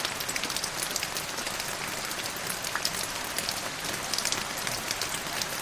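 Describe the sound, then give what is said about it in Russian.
Heavy rain pours down steadily, a dense, hissing wash of drops with small crackling spatters on hard surfaces, constant and loud throughout with no voices. “За серой стеной дождя колыхалась тень старой облетевшей липы.”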